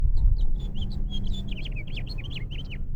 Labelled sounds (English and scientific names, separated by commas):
House Finch (Haemorhous mexicanus) song